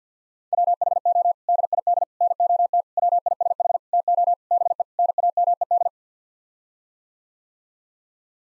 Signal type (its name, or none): Morse code